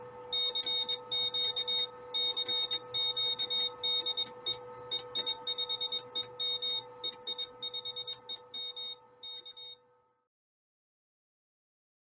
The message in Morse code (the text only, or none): CQ CQ DE EI5EM EI5EM K